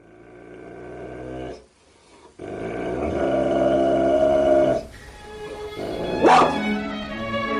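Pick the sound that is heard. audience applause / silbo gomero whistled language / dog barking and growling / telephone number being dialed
dog barking and growling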